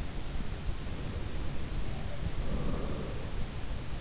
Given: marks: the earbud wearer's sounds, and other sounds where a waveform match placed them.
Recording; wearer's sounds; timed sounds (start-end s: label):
sounds in sleep by an in-ear microphone; breath
0.84-3.46 s: breath
1.75-2.78 s: sound from someone else or the room